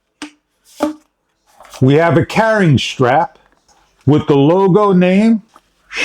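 A wide, flat plastic nozzle attachment is pushed onto the tube of a cordless leaf blower until it snap-locks in place, with a sharp click at 0.2 s and a second short knock around 0.8 s. Someone then talks for the rest of the clip. The nozzle is seated and locked on.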